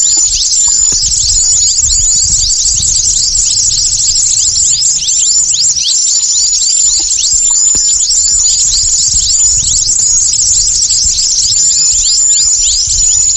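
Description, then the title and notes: Bird chorus of crowded high chirps and swept notes, sustained throughout, with a piercing thin whistle. Lure calls for attracting stubborn, wary birds that are hard to approach. "Suara Burung Bandel Yang Susah Mendekati. Kompilasi Suara Pikat Burung"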